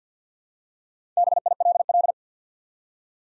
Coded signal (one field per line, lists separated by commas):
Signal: Morse code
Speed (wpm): 50 wpm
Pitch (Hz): 700 Hz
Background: none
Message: BILL